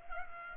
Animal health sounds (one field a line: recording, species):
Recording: mosquito wingbeat signal from an infrared sensor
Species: Culex pipiens